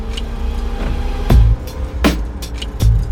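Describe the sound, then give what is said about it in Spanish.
A car rolls over a gravel road, its low steady rumble broken by a few loud, sharp crunching knocks as loose stones strike underneath, about three distinct jolts in a few seconds. “Es que acabamos de ingresar al camino de Ripio.”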